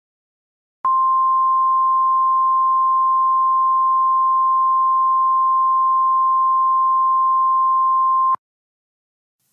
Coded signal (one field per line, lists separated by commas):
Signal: Emergency Alert System (SAME) tones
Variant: 1050 Hz attention tone